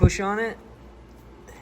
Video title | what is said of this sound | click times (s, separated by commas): How to Replace a Polaris Matryx Throttle Flapper | It's not clicking, but it's in. | none